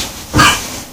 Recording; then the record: coughing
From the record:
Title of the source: Spring Cold Coughing 2